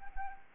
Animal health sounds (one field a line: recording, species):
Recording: mosquito wingbeat signal from an infrared sensor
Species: Anopheles arabiensis